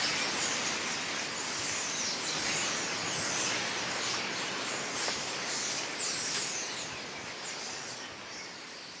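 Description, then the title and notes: Birds chattering in a noisy crowd, frequent high chirps and tweets above constant traffic-like roar, fading slightly toward the end. Mass of birds agitated and noisy in trees of a city parking lot, Auxerre, France; heavy sultry weather before a storm; recorded with Zoom H4n internal XY mic. "Auxerre, France - Turbulent birds before a storm [Auxerre]. Ville.Dans les arbres du parking , une masse d'oiseaux s'agitent , il fait lourd. City.In the tree of the parking.A lot of birds become noisy.A storm is coming. /zoom h4n intern xy mic"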